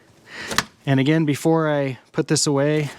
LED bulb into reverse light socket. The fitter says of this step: pops right in.